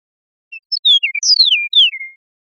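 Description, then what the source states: Eastern meadowlark whistling a short phrase of sweet, descending slurred notes, the longest sweeping down from high to lower pitch, with silence around it. Recorded in Costa Rica.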